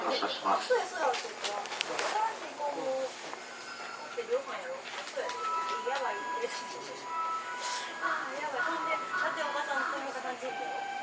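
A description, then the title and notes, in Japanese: Voices talk over one another aboard a JR 207-series train between Kyobashi and Takarazuka, with speech steady for the whole recording. Beneath them runs a constant low rumble of the moving train, and a few thin, sustained tones appear around the sixth to eighth seconds. JR207系 京橋〜宝塚。JR東西線、宝塚線の区間で録音しました。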